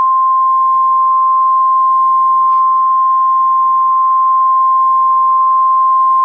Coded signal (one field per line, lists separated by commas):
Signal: Emergency Alert System (SAME) tones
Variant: 1050 Hz attention tone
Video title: SOME OF REAL EAS 1144-SVR